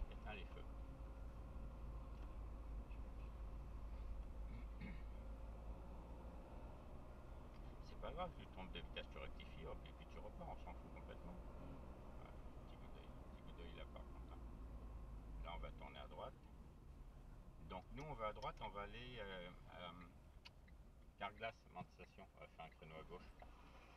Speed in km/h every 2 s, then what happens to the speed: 27, 27, 31, 31, 30, 32, 29, 21, 16, 8, 1, 0.
0-11 steady at about 30. 11-20 slows to 1. 20-24 standing.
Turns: none.